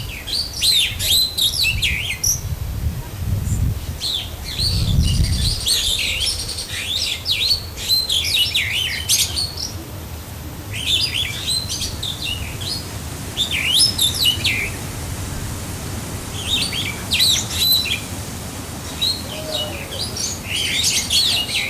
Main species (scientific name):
Lamprotornis superbus